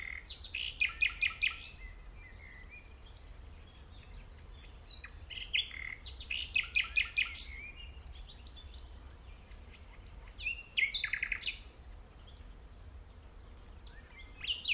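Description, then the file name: Common nightingale song in rich bursts of rapid repeated notes and clicks, pausing several seconds between phrases. "Luscinia megarhynchos"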